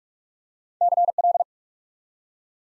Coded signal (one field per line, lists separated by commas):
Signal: Morse code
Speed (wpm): 44 wpm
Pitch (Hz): 700 Hz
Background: none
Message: CL